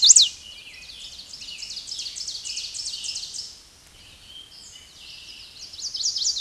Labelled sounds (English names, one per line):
Ovenbird song